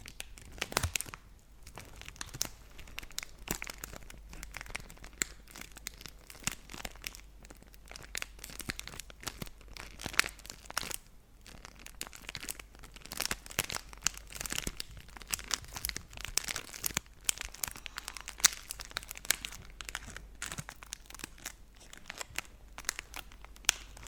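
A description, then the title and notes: Chocolate wrappers are crinkled and crumpled, a dense, continuous run of sharp crackles and snaps. Brief pauses fall near one and eleven seconds, and faint chewing or voices may sit low underneath. Crinkle sounds on Kinder Chocolate. Make some sounds with the wrap of the chocolates and then they eat them.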